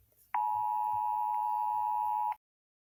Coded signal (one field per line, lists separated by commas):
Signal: Emergency Alert System (SAME) tones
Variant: 853 and 960 Hz attention tone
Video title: the Pacific Northwest squall from hell EAS scenario part 1